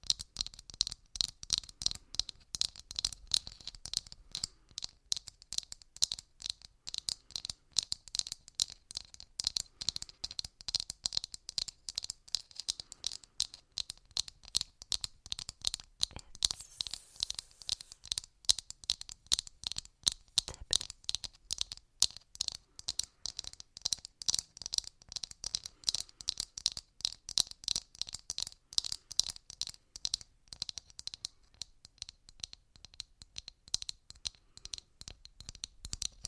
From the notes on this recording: one trigger only tapping (Holz, Glas, etc.)